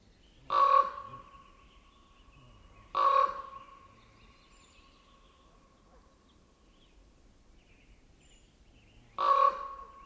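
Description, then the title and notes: Common Raven giving three loud, harsh croaking calls, the first two close together and the third after a longer quiet stretch. A pair of ravens calling to each other at dawn by a secluded lake in a wildlife refuge, Northeast Washington, mid-May 2021; their calls include croaks, awks, uh-ohs and ooks. "Raven at dawn. a wildlife refuge in Northeast Washington. mid-May, 2021. a pair of Ravens. their croaks, awks, uh-ohs, and ooks and their giant wing flaps"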